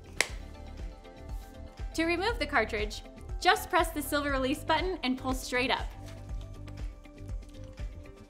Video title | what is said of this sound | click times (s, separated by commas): How to Assemble and Use Your Bona Premium Spray Mop for Hardwood Floors | and insert the cartridge into the holder until you hear a click. | 0.2 s